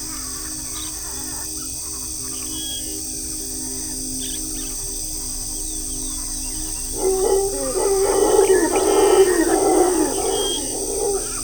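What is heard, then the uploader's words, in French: Birds and howler monkeys in a Costa Rican forest. For the first seven seconds there are faint scattered bird calls over a steady high insect hiss. Then a dense, mid-pitched roar of calls swells up and continues to the end. Oiseaux et singes hurleurs du Costa Rica. Muni d'une parabole et de micros omnidirectionnels, Irvic D'Olivier a passé de longues heures dans les parcs nationaux à attendre l'oiseau rare.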